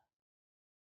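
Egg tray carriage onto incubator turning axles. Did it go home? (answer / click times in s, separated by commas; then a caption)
no / none. A plastic egg tray carriage is being lowered onto the turning axles of a Teplusha 88 PRO incubator, set up to incubate ROSS 708 broiler eggs. A brief handling sound fades out within about 0.2 seconds, followed by silence. Nothing has seated or clicked yet.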